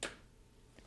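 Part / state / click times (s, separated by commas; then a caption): rubber foot pad on a tripod leg spike / released / 0.0 s. A release lever is pressed on a leg foot of a Kaiyer FC315H carbon video tripod, and the rubber foot pad comes off its spike with a sharp snap at 0.0 s. A much fainter tick follows near 0.8 s, and the rubber foot is released, exposing the spike.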